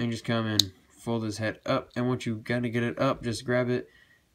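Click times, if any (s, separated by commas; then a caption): none. A plastic head joint on a transforming robot action figure is being handled: the head is folded up from the back and grabbed to be pulled up while someone talks throughout. Nothing has seated or clicked into place yet.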